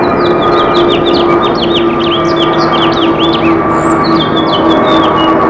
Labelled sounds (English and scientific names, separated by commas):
House Finch (Haemorhous mexicanus) song